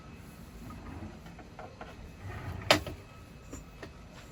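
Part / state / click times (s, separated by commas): fold-over table leaf in a motorhome table / seated / 2.7 s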